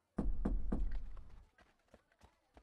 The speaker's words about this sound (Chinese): 这时敲门声响起，阿喜跑向门口